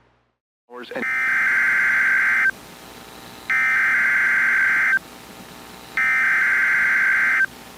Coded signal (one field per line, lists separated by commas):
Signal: Emergency Alert System (SAME) tones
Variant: header bursts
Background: speech